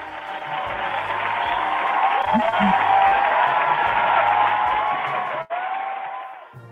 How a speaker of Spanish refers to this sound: Aplauso para ustedes, muchachos. Un aplauso grande.